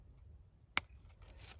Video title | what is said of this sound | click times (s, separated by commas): Step by step dirt hole set for fox/coyotes | A little click. | 0.8 s